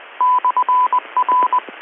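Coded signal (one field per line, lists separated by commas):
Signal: Morse code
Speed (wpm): 20 wpm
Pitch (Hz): 1000 Hz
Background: none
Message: /R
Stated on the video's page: Morning net received via SDR Connect with an IC-705.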